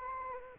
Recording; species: mosquito wingbeat signal from an infrared sensor; Anopheles arabiensis